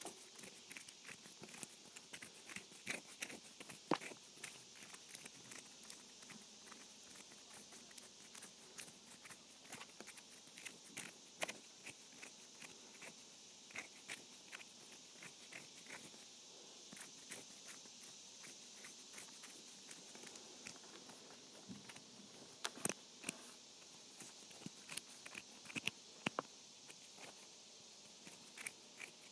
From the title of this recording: Scratching my Hands